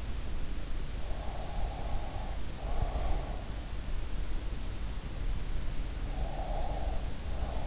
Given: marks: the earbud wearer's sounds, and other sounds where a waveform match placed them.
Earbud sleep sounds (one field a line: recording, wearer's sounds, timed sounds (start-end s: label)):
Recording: sounds in sleep by an in-ear microphone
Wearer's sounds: breath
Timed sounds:
1.21-3.34 s: breath
6.25-7.67 s: breath